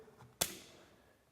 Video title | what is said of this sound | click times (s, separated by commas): Balance The Beholder MS PRO | And once you hear that click, you know that you're in. | 0.4 s